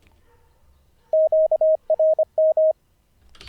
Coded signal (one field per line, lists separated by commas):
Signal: Morse code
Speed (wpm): 25 wpm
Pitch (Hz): 630 Hz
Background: none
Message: QRM